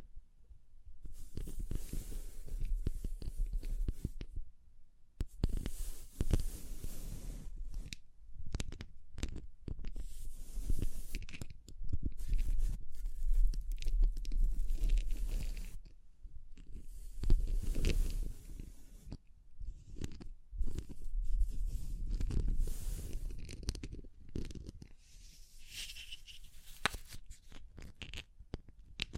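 Tapping, scratching and brushing sounds mixed with papery crinkles, dense and irregular with no steady beat. Busy stretches of rustling and crunching alternate with brief near-silent gaps around 5, 16 and 19 seconds, and a low thumping runs underneath much of it.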